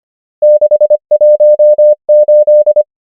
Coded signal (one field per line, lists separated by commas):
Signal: Morse code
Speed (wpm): 25 wpm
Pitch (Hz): 600 Hz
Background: none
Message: 6 1 8